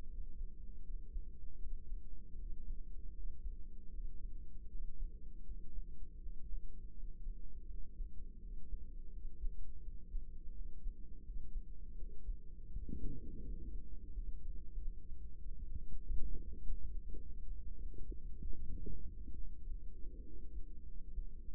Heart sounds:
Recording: heart sounds by microphone in the right ear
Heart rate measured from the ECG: 87 bpm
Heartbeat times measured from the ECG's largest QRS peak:
0.07 s: heartbeat
0.83 s: heartbeat
1.59 s: heartbeat
2.36 s: heartbeat
3.13 s: heartbeat
3.91 s: heartbeat
4.68 s: heartbeat
5.44 s: heartbeat
6.19 s: heartbeat
6.94 s: heartbeat
7.67 s: heartbeat
8.40 s: heartbeat
9.10 s: heartbeat
9.81 s: heartbeat
10.53 s: heartbeat
11.23 s: heartbeat
11.95 s: heartbeat
12.69 s: heartbeat
13.42 s: heartbeat
14.10 s: heartbeat
14.75 s: heartbeat
15.38 s: heartbeat
16.00 s: heartbeat
16.59 s: heartbeat
17.16 s: heartbeat
17.74 s: heartbeat
18.37 s: heartbeat
19.01 s: heartbeat
19.61 s: heartbeat
20.23 s: heartbeat
20.84 s: heartbeat
21.43 s: heartbeat
From the record:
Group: healthy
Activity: breath hold 0-15 s, rest 15-22 s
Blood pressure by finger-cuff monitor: 96/58 mmHg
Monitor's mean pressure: 72 mmHg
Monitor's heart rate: 82 bpm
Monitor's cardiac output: 6.7 L/min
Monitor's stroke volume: 82 mL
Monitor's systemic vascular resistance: 770 dyn s/cm5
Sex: female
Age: 24 years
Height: 163 cm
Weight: 55.7 kg

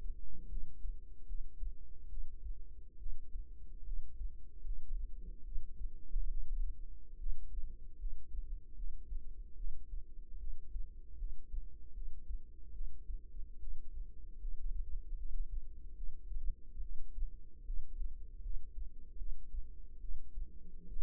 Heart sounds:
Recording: heart sounds by microphone in the right ear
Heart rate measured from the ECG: 74 bpm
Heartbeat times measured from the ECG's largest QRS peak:
0.48 s: heartbeat
1.26 s: heartbeat
2.09 s: heartbeat
2.98 s: heartbeat
3.84 s: heartbeat
4.63 s: heartbeat
5.44 s: heartbeat
6.29 s: heartbeat
7.18 s: heartbeat
7.98 s: heartbeat
8.75 s: heartbeat
9.56 s: heartbeat
10.38 s: heartbeat
11.17 s: heartbeat
11.93 s: heartbeat
12.73 s: heartbeat
13.59 s: heartbeat
14.39 s: heartbeat
15.17 s: heartbeat
15.95 s: heartbeat
16.81 s: heartbeat
17.65 s: heartbeat
18.41 s: heartbeat
19.17 s: heartbeat
20.00 s: heartbeat
20.88 s: heartbeat
From the record:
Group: healthy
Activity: rest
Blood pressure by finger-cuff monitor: 134/79 mmHg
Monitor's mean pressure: 97 mmHg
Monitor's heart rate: 74 bpm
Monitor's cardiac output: 6.9 L/min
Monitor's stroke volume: 94 mL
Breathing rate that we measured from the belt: 17 breaths a minute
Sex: female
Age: 22 years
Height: 161 cm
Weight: 65.5 kg

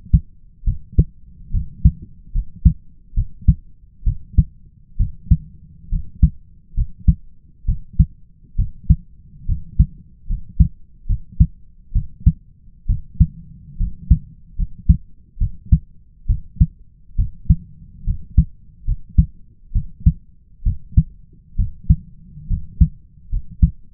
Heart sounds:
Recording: heart sounds by stethoscope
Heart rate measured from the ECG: 69 bpm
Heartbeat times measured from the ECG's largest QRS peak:
0.64 s: heartbeat
1.51 s: heartbeat
2.32 s: heartbeat
3.14 s: heartbeat
4.04 s: heartbeat
4.97 s: heartbeat
5.89 s: heartbeat
6.74 s: heartbeat
7.66 s: heartbeat
8.56 s: heartbeat
9.46 s: heartbeat
10.27 s: heartbeat
11.07 s: heartbeat
11.93 s: heartbeat
12.86 s: heartbeat
13.77 s: heartbeat
14.56 s: heartbeat
15.38 s: heartbeat
16.27 s: heartbeat
17.16 s: heartbeat
18.04 s: heartbeat
18.85 s: heartbeat
19.73 s: heartbeat
20.63 s: heartbeat
21.56 s: heartbeat
22.47 s: heartbeat
23.29 s: heartbeat
From the record:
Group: healthy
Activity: rest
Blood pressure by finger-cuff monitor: 136/79 mmHg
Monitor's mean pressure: 93 mmHg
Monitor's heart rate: 68 bpm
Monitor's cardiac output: 5.2 L/min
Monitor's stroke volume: 75 mL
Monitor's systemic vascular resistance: 1290 dyn s/cm5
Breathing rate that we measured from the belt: 15 breaths a minute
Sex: male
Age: 20 years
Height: 167 cm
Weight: 61 kg

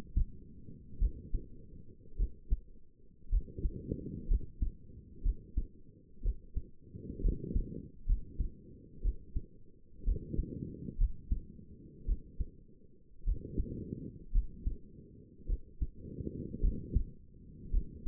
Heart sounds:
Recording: heart sounds by stethoscope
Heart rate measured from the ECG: 57 bpm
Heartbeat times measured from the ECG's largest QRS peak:
0.99 s: heartbeat
2.17 s: heartbeat
3.30 s: heartbeat
4.28 s: heartbeat
5.23 s: heartbeat
6.23 s: heartbeat
7.22 s: heartbeat
8.07 s: heartbeat
9.03 s: heartbeat
10.05 s: heartbeat
10.98 s: heartbeat
12.06 s: heartbeat
13.25 s: heartbeat
14.33 s: heartbeat
15.47 s: heartbeat
16.61 s: heartbeat
17.72 s: heartbeat
From the record:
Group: healthy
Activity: rest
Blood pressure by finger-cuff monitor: 100/60 mmHg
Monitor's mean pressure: 74 mmHg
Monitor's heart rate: 58 bpm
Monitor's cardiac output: 5.4 L/min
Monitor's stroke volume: 93 mL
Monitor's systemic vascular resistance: 1010 dyn s/cm5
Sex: female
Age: 28 years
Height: 170 cm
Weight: 77 kg

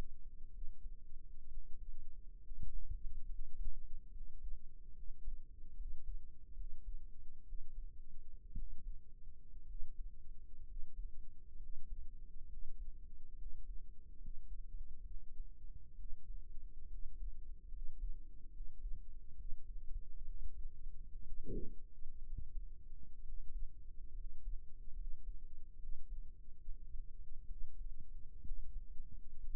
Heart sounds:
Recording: heart sounds by microphone in the right ear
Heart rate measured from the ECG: 66 bpm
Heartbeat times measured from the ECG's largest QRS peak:
0.50 s: heartbeat
1.47 s: heartbeat
2.41 s: heartbeat
3.26 s: heartbeat
4.11 s: heartbeat
4.93 s: heartbeat
5.75 s: heartbeat
6.54 s: heartbeat
7.43 s: heartbeat
8.53 s: heartbeat
9.65 s: heartbeat
10.64 s: heartbeat
11.57 s: heartbeat
12.47 s: heartbeat
13.35 s: heartbeat
14.18 s: heartbeat
15.05 s: heartbeat
15.95 s: heartbeat
16.88 s: heartbeat
17.69 s: heartbeat
18.50 s: heartbeat
19.35 s: heartbeat
20.24 s: heartbeat
21.23 s: heartbeat
22.23 s: heartbeat
23.22 s: heartbeat
24.13 s: heartbeat
24.94 s: heartbeat
25.77 s: heartbeat
26.59 s: heartbeat
27.46 s: heartbeat
28.42 s: heartbeat
29.38 s: heartbeat
From the record:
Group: healthy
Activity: rest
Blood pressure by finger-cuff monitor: 109/70 mmHg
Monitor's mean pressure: 82 mmHg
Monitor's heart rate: 67 bpm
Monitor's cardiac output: 5.8 L/min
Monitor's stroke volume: 83 mL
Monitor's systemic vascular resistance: 1020 dyn s/cm5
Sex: male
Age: 22 years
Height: 181 cm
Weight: 79 kg

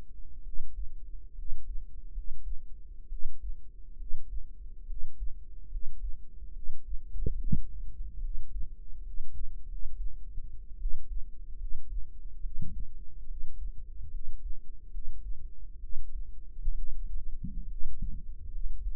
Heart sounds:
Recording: heart sounds by microphone in the right ear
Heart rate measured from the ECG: 70 bpm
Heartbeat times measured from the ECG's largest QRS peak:
0.40 s: heartbeat
1.32 s: heartbeat
2.10 s: heartbeat
3.06 s: heartbeat
3.94 s: heartbeat
4.84 s: heartbeat
5.66 s: heartbeat
6.50 s: heartbeat
7.36 s: heartbeat
8.18 s: heartbeat
9.00 s: heartbeat
9.64 s: heartbeat
10.75 s: heartbeat
11.55 s: heartbeat
12.39 s: heartbeat
13.24 s: heartbeat
14.08 s: heartbeat
14.88 s: heartbeat
15.78 s: heartbeat
16.72 s: heartbeat
17.64 s: heartbeat
18.47 s: heartbeat
From the record:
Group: healthy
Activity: rest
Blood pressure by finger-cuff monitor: 108/70 mmHg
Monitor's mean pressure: 81 mmHg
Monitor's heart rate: 71 bpm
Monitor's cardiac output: 5.5 L/min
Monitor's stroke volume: 79 mL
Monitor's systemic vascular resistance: 1060 dyn s/cm5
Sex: female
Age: 22 years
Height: 171 cm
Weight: 65.6 kg

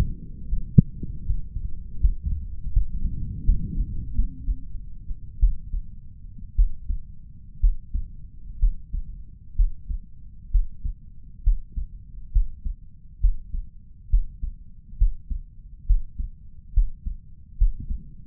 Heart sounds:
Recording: heart sounds by stethoscope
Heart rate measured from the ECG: 67 bpm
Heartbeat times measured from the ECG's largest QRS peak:
0.47 s: heartbeat
1.25 s: heartbeat
2.00 s: heartbeat
2.72 s: heartbeat
3.45 s: heartbeat
4.14 s: heartbeat
5.39 s: heartbeat
6.55 s: heartbeat
7.60 s: heartbeat
8.59 s: heartbeat
9.56 s: heartbeat
10.51 s: heartbeat
11.43 s: heartbeat
12.32 s: heartbeat
13.20 s: heartbeat
14.10 s: heartbeat
14.98 s: heartbeat
15.86 s: heartbeat
16.73 s: heartbeat
17.58 s: heartbeat
From the record:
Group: healthy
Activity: breath hold 0-2 s, rest 2-18 s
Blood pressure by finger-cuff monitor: 153/91 mmHg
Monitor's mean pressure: 115 mmHg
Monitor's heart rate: 67 bpm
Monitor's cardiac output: 5.4 L/min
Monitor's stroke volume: 70 mL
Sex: male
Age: 35 years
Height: 178 cm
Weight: 64 kg

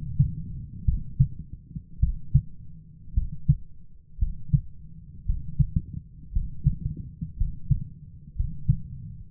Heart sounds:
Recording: heart sounds by stethoscope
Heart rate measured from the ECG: 57 bpm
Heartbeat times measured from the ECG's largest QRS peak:
0.85 s: heartbeat
2.00 s: heartbeat
3.14 s: heartbeat
4.19 s: heartbeat
5.26 s: heartbeat
6.32 s: heartbeat
7.37 s: heartbeat
8.36 s: heartbeat
9.30 s: heartbeat
From the record:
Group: healthy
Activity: rest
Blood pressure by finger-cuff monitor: 130/76 mmHg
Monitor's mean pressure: 93 mmHg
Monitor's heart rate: 56 bpm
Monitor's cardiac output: 6.8 L/min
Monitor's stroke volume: 117 mL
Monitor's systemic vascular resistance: 1050 dyn s/cm5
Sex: male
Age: 23 years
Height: 178 cm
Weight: 96.6 kg

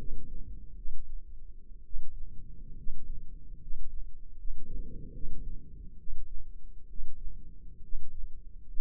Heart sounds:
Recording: heart sounds by microphone in the left ear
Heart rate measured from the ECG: 68 bpm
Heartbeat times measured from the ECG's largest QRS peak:
0.76 s: heartbeat
1.84 s: heartbeat
2.76 s: heartbeat
3.60 s: heartbeat
4.37 s: heartbeat
5.13 s: heartbeat
5.97 s: heartbeat
6.88 s: heartbeat
7.82 s: heartbeat
8.66 s: heartbeat
From the record:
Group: healthy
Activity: rest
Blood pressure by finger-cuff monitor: 131/76 mmHg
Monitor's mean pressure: 92 mmHg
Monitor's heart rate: 70 bpm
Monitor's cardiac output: 8 L/min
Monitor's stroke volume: 109 mL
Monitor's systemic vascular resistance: 860 dyn s/cm5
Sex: male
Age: 24 years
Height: 184 cm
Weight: 89 kg

